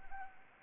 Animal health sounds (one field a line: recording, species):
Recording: mosquito wingbeat signal from an infrared sensor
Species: Anopheles arabiensis